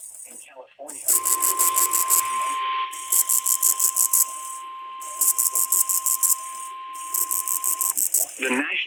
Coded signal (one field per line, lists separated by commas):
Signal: Emergency Alert System (SAME) tones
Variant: 1050 Hz attention tone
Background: speech